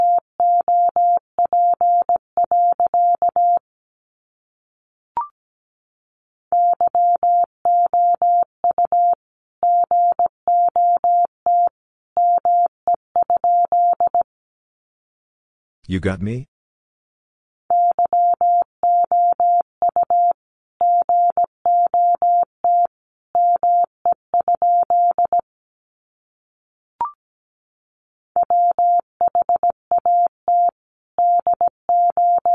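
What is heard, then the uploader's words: Morse code beeps at one steady pitch send words in quick dots and dashes, with pauses, clicks, and a brief rustle near sixteen seconds. These sentences are composed of the Top 300 words. First, the words are sent in Morse code. 17wpm.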